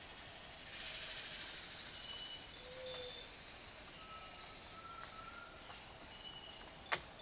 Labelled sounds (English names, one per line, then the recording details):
Gray-fronted Dove
Undulated Tinamou
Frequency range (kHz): Gray-fronted Dove 0.2-1.0 kHz; Undulated Tinamou 0.8-1.8 kHz
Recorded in dense forest near Puerto Asís, Putumayo, Colombia, on 21 February 2024 at 06:30
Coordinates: 0.502, -76.326
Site G6460